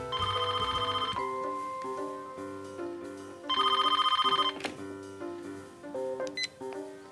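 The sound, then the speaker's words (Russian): A telephone bell rings in two bursts of about a second each, separated by a pause, its bright metallic trill ringing over a steady background of sustained tones. “Звонит Алло? Телефон.”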